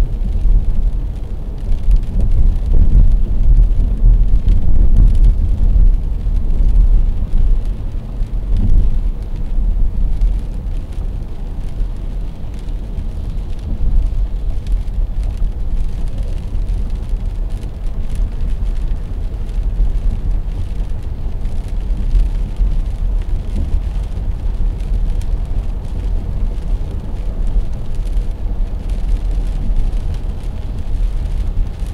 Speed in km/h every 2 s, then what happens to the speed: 63, 63, 63, 65, 68, 70, 70, 73, 75, 77, 78, 80, 81, 79, 80, 79.
0-5 steady at about 63. 5-23 speeds up to 81. 23-32 steady at about 79.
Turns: none.